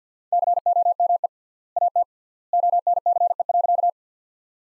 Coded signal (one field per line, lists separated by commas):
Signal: Morse code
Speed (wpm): 50 wpm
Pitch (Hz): 700 Hz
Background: none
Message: COME AT ONCE.